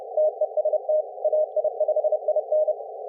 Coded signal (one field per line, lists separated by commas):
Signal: Morse code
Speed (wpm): 30 wpm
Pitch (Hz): 590 Hz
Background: none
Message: TEST AI5IN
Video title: IARU HF World Championship + WRTC 2026 | Chasing MB Callsigns LIVE with AFØF